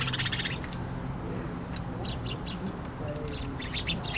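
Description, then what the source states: Sparrows giving scattered quick chirps that pick up after a burst of rapid ticking, over a steady low engine-like drone. Sparrows in their bush at bedtime in a village street in Veddelev, Denmark; distant traffic noise; recorded with Sony PCM-D100 internal mics.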